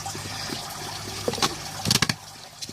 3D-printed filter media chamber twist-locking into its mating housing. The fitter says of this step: then it spins and locks in place basically.